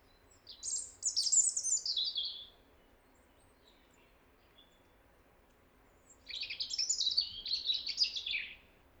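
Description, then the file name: European robin song in two high, sweet warbling phrases with rapid tumbling notes, separated by about four seconds of quiet, with faint low background noise. "Erithacus rubecula"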